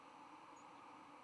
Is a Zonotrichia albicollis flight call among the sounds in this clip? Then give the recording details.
no. Another species' flight call is heard. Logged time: 10:04 on 10 November 2014